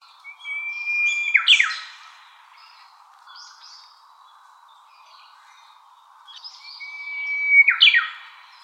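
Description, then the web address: Japanese bush warbler song: a long, steady whistled note that breaks into a quick falling flourish, sung twice about six seconds apart, with a faint background hum. "birdenaga uguisu"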